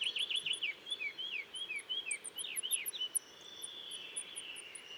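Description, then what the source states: Blue rock thrush singing a rapid series of rich, slurred, warbling notes, then a drawn-out softer note, with faint high ticks repeating above. Territorial song at 7:25 on 12 March 2020 in the Dentelles de Montmirail cliffs; sings all morning, changing perches; Nagra Seven with Telinga Pro7.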